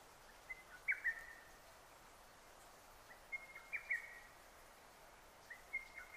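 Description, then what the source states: Lesser cuckoo: three bursts of sharp, fast whistled notes, each phrase about a second long, over quiet steady background noise. Recorded on 6 June 2009.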